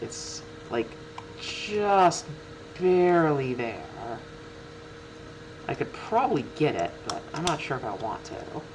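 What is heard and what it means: A display/case part is being handled against the frame of a Voron Zero 3D printer build, where it seems barely able to fit. Someone talks over a steady low hum, with faint handling noises between the words. Nothing has seated or clicked yet.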